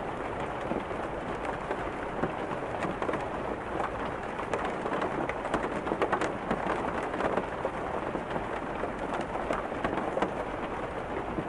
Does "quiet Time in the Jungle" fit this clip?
no